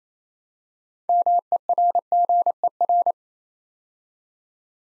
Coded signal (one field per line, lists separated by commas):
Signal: Morse code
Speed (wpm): 27 wpm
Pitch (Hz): 700 Hz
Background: none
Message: MERGER